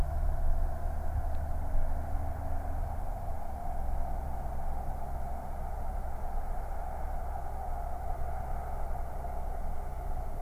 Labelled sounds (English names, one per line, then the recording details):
Eurasian Nightjar
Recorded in the wild
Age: adult
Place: Schönow, Naturpark Barnim, Brandenburg, DE
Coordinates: 52.6889, 13.5144
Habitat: heathland
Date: 2007-07-08 23:39
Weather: heiter, 13°C, fast windstill
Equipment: Sound Devices 702, Sennheiser MKH 416 T, Windkorb
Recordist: Frommolt, Karl-Heinz